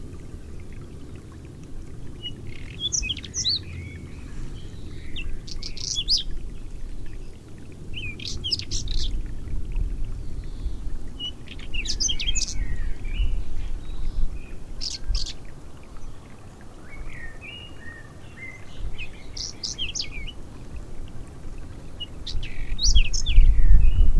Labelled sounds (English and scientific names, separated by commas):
Whinchat (Saxicola rubetra) song